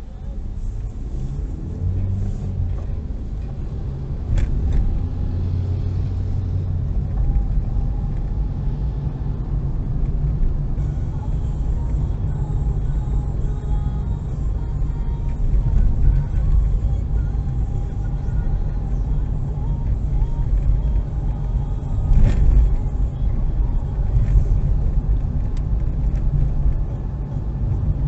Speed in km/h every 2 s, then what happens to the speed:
18, 23, 31, 23, 11, 13, 19, 24, 28, 32, 33, 33, 34, 35.
0-5 speeds up to 31. 5-9 brakes to 11. 9-17 speeds up to 32. 17-28 steady at about 33.